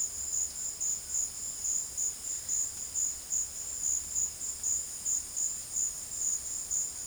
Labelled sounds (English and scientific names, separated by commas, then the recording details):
none
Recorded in dense forest near Puerto Asís, Putumayo, Colombia, on 18 February 2024 at 15:30
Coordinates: 0.481, -76.318
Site G6421